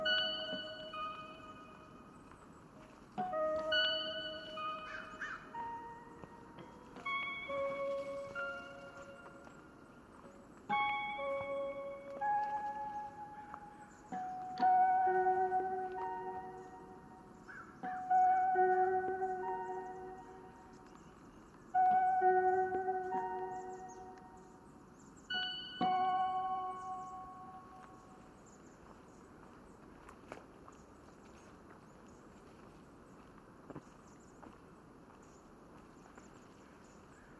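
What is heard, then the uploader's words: At the Nestucca Bay National Wildlife Refuge, a bird repeats a short phrase of clear, bright whistled notes about every three to four seconds, each phrase stepping between pitches. After about 28 seconds the song stops, leaving a soft, steady hiss. The Nestucca Bay National Wildlife Refuge.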